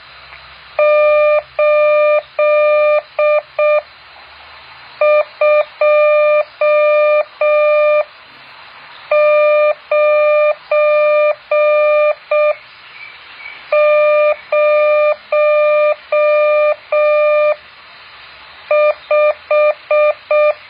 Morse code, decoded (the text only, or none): 82905